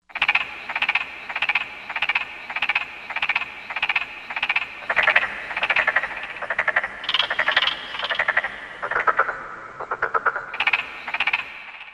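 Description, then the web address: Frog chorus of rattling, pulsed croaks repeated steadily, with more callers at different pitches joining midway. "Korg MSC-16 S Environment Audio Programs. Frog"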